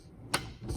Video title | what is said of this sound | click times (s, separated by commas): How to use an SCA 192/193 Style Elevating 'Pop-top' Roof | There we go. That's the click there. | 0.3 s